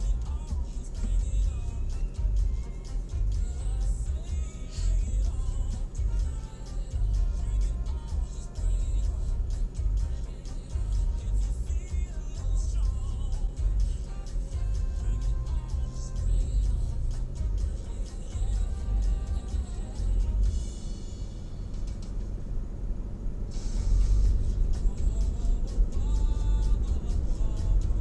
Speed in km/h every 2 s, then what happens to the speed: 0, 0, 0, 0, 0, 0, 0, 0, 5, 12, 19, 25, 32, 39.
0-15 standing. 15-28 pulls away to 39.